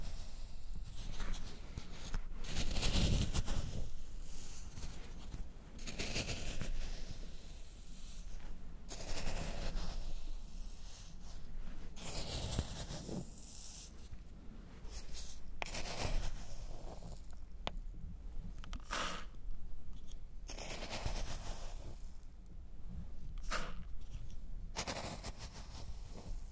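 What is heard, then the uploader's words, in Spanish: Close mouth sounds mixed with hand noises and something sticky like honey: wet smacks, clicks and soft scraping. Short sharp bursts come irregularly every second or two over a constant low rumble, with a few louder, fuller moments around three and twelve seconds. Sonidos de boca y algunos de manos y miel.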